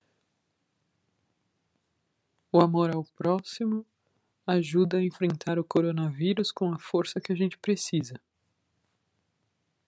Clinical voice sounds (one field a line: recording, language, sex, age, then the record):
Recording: spoken sentence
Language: Brazilian Portuguese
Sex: female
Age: 30 to 39 years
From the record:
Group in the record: control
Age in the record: 38 years